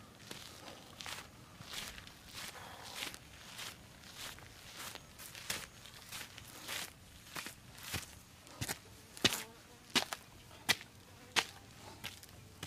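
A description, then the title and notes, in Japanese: Footsteps while walking a summer mountain trail, a steady series of crisp crunching steps about twice a second. The steps start soft and grow sharper and louder after the midpoint, with a constant hiss underneath throughout. 環境音 夏山を歩く。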